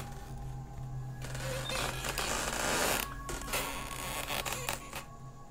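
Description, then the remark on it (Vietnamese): An old, long-unused door hinge creaks slowly and drawn out as someone comes out of a room next to the kitchen, a harsh grinding squeal that rises in the middle and breaks into a few rough, stuttering groans before trailing off. “Còn chưa kịp hoàn hồn thì trong căn phòng sát khu bếp vọng ra tiếng ho sù sụ, rồi cả cái tiếng bản lề cửa lâu ngày kẽo cả kẽo kẹt, chứng tỏ là có người nghe tiếng chó sủa đã tỉnh dậy đi ra ngoài kiểm tra.”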